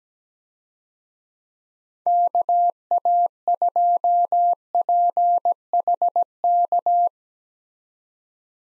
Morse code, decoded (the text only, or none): KA2PHK